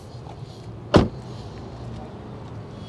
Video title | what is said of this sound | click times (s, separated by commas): 2023 Kia EV6 GT Walkthrough Range Test Efficiency Acceleration & more! | Pull this latch, hear the click. | 0.9 s